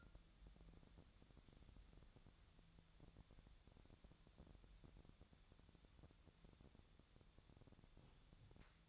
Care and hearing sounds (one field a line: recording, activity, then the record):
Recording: daily activity, microphone in the room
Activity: wipe stove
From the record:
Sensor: 3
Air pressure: 1007.0 hPa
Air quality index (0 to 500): 205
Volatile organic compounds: 18 ppm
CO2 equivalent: 2617 ppm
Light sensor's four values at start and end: 11/27/11/11 and 11/26/11/11